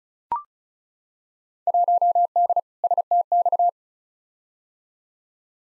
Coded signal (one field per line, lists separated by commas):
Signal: Morse code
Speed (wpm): 34 wpm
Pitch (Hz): 700 Hz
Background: none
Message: 1D STX